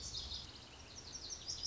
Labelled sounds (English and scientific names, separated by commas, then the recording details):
Lazuli Bunting (Passerina amoena)
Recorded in Sonoma County, California